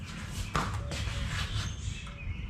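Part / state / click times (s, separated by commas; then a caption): headlight assembly into motorcycle headlight housing / seated / 0.6 s, 0.9 s. A Royal Enfield Himalayan motorcycle headlight assembly is tightened back into its headlight housing after the marker light housing is replaced. A sharp click sounds at 0.6 s and a second, longer click follows at 0.9 s over a low background hum. The headlight part clicks home and is seated.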